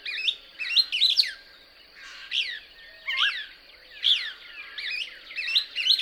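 Couch's Kingbird chattering with rapid, excited, inflected chips in repeated bursts, set against a constant thin high drone.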